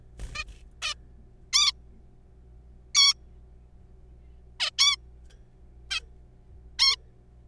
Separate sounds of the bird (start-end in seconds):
0.35-0.44, 0.82-0.95, 1.53-1.71, 2.95-3.13, 4.60-4.70, 4.79-4.96, 5.91-6.00, 6.79-6.96